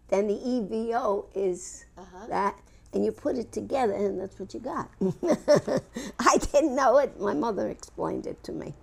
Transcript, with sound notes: the E-V-O id that, and you put it together and that's what you (she laughs) I didn't know, my mother explained it to me.